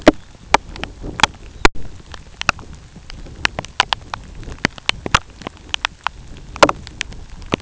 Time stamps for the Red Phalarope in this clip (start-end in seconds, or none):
1.43-1.74